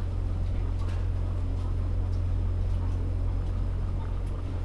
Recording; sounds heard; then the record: poultry house recording; sick chickens (respiratory disease)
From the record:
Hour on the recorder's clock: 17